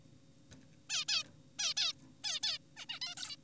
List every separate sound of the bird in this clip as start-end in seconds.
0.90-1.05, 1.08-1.23, 1.59-1.74, 1.77-1.93, 2.24-2.40, 2.44-2.58, 2.77-2.86, 2.89-3.00, 3.02-3.15, 3.17-3.36